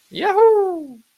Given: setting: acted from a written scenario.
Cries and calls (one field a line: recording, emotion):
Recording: vocal sound without words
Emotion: elation